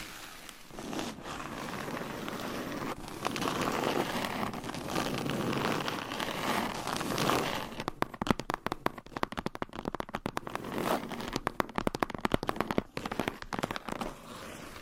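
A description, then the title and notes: Surface scratching fills the first half as a dense, steady rasping hiss with slight swells. Around eight seconds it breaks into quick, irregular tapping and crackling strokes, sharp clicks in uneven bursts, continuing to the end. ASMR Surface Scratching - Tapping - Tracing Hypnotic Asmr No Talking for Sleep with Long Nails.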